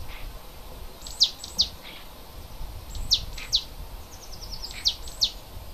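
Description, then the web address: Bird singing bright, high, down-slurred notes in pairs, each pair separated by one to two seconds, with a short rapid series of faint ticks before the last pair and faint low noise. Native forest bird, recorded in February. "oeko wald- vogel februar vogel heimisch"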